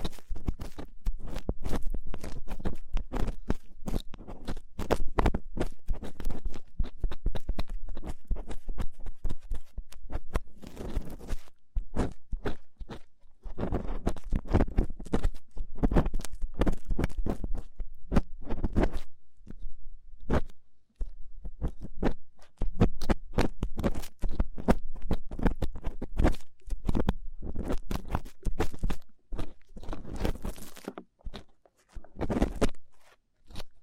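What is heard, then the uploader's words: Rough ear cleaning: dense, scratchy crackling and rubbing in rapid irregular bursts, full of sharp clicks that reach from deep thumps up to bright hiss. Brief pauses come near 12, 21 and 31 seconds, then the scraping resumes just as busy. ASMR Rough Ear Cleaning (No Talking).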